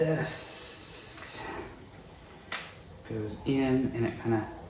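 A part of a road bike's brake cable set, one with a small removal tab, is handled and pushed in during installation, while someone talks. Hissy handling noise and a brief sharp tap are heard, but nothing has seated or clicked into place yet.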